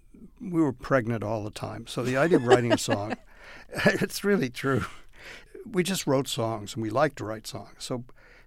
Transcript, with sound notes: We were pregnant all the time. So the idea of writing a song...
(Laughter).
It's really true. We just wrote songs, and we liked to write songs.